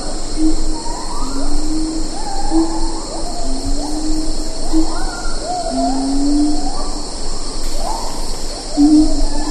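Siamang hooting calls, a series of low booming hoots with higher rising notes above them, repeated throughout over a steady high insect drone.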